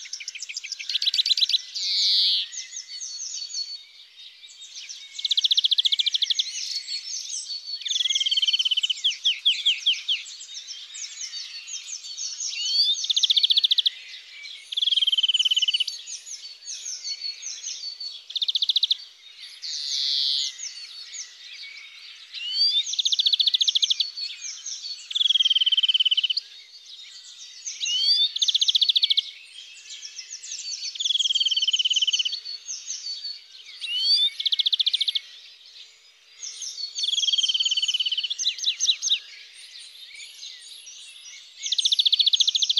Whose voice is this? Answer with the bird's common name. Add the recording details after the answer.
European Greenfinch. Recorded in the wild. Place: Freiburg im Breisgau / Lehen, Baden-Württemberg, DE. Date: 2002-04-20. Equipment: MiniDisc Sharp MT 20 H. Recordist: Schwarz, Dieter. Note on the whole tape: Song